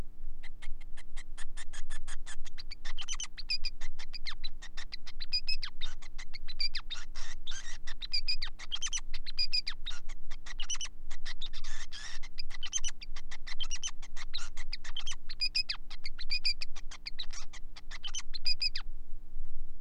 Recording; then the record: song of a male Bengalese finch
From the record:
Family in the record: son of father 5